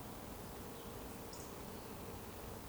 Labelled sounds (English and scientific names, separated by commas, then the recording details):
Eurasian Woodcock (Scolopax rusticola) whistle
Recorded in Baden-Württemberg, Germany, on 23 June 2020 at 19:29 UTC
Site 14569, 102 m above sea level